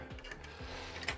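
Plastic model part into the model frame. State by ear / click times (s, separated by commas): seated / 1.1 s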